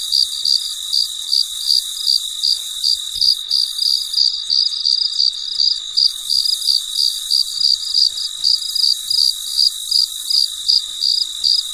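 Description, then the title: Cricket chirping steadily in rapid high pulses, with a hissing drone in the background. Recorded late at night, described as very quiet. "深夜录制蟋蟀昆虫声"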